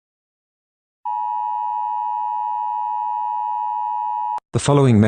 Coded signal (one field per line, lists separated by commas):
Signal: Emergency Alert System (SAME) tones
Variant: 853 and 960 Hz attention tone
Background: speech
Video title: EAS Scenario #13: The Rake Massacre.